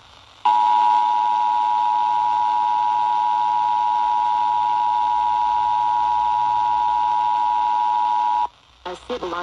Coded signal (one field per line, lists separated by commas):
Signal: Emergency Alert System (SAME) tones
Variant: 853 and 960 Hz attention tone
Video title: When VDEM Forgets the RMT Message…EAS Tests From May 2, 2022